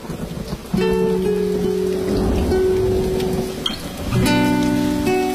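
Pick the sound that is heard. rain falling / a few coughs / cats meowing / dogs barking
rain falling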